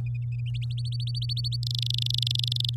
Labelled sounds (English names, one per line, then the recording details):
Domestic Canary song
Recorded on 8 May 2018 at 13:02
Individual llb16